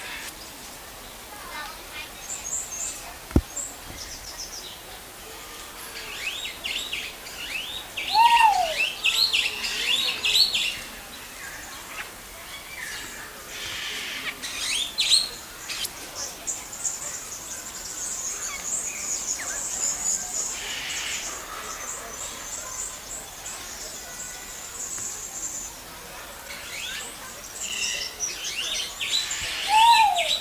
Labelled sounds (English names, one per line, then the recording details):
Trumpet Manucode call
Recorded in captivity
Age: adult
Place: Zoo Berlin, Berlin, DE
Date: 2008-09-14 15:03
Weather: overcast, ca. 14°C
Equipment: Sony WM-D6C, Sennheiser ME 80, Kopie Uher 4000 Report Monitor
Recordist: Tembrock, Günter